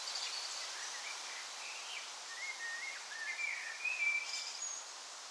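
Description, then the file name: Birds giving short chirps and whistled squiggles, several clustered in the second half, over a steady hiss. Recorded on a balcony during a thunderstorm, June 7 2011. "June 7 2011 birds balcony clean With Thunderstorm"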